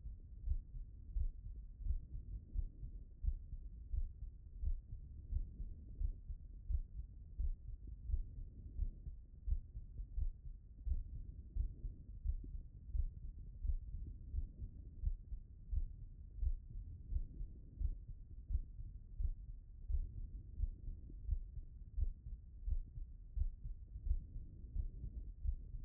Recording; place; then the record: heart sounds by stethoscope; pulmonary valve (PV)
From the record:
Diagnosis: non-HFrEF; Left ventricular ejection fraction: 63%